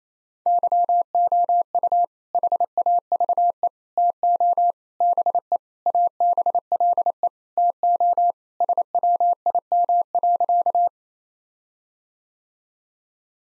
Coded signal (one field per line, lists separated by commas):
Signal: Morse code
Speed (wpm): 28 wpm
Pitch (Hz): 700 Hz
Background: none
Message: YOU HAVE TO BE ABLE TO SWIM.